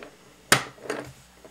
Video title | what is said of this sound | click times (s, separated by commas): 5x5 Rubik's Cube Disassembly Tutorial (v3) | and then put in the last Edge piece and it should just snap right in place | 0.5 s